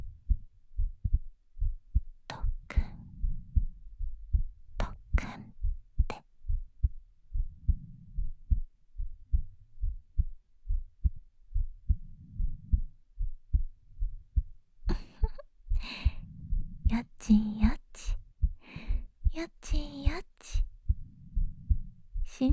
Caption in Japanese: ママの 心臓の音。